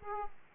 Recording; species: mosquito wingbeat signal from an infrared sensor; Aedes aegypti